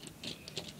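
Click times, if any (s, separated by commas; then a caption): none. A plastic building-brick minifigure is pressed onto the studs of a toy train seat, giving only small rattling taps, with a sharper tap near the end at 0.8 seconds. The minifigure fails to snap into the seat, and nothing has seated or clicked yet.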